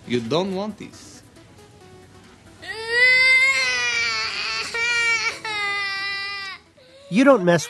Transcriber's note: soundbite of child crying